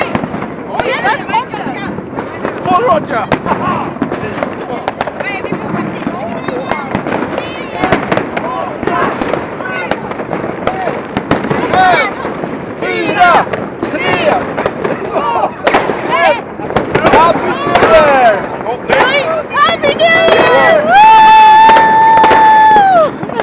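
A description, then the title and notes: Fireworks crackle and pop in quick, irregular bursts over a constant murmur of excited voices, with people talking and calling out throughout. Near the end, a steady high whistle holds for about two seconds and then drops away as the noise swells. Happy New Year from Stockholm! A shaky countdown and fireworks.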